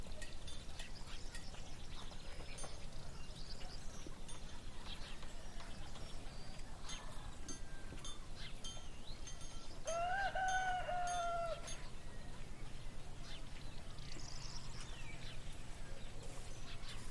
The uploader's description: birds singing, people in the town doing their work, horse carts and farm animals